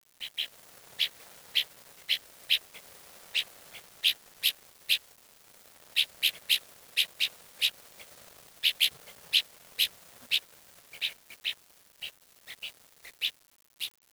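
Bird calls, short sharp high notes repeated many times at an uneven pace, over faint background hiss.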